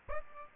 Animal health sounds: mosquito wingbeat signal from an infrared sensor; Aedes aegypti

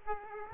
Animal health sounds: mosquito wingbeat signal from an infrared sensor; Aedes aegypti

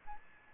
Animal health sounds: mosquito wingbeat signal from an infrared sensor; Aedes albopictus

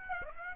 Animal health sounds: mosquito wingbeat signal from an infrared sensor; Aedes aegypti

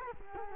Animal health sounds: mosquito wingbeat signal from an infrared sensor; Culex quinquefasciatus

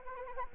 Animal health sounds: mosquito wingbeat signal from an infrared sensor; Anopheles arabiensis

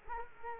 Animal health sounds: mosquito wingbeat signal from an infrared sensor; Culex quinquefasciatus

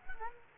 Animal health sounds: mosquito wingbeat signal from an infrared sensor; Culex quinquefasciatus

